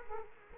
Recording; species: mosquito wingbeat signal from an infrared sensor; Culex quinquefasciatus